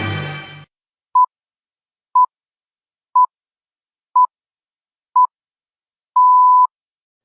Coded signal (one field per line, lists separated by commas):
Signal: radio time signal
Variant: time pips